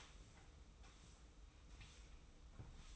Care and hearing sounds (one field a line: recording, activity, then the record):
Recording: daily activity, microphone in the room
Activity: sweep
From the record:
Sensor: 1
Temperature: 25.3 degrees Celsius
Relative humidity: 44.0%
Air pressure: 990.5 hPa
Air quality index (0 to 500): 177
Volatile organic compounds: 1000 ppm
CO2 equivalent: 6527 ppm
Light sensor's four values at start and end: 29/68/29/32 and 29/68/29/32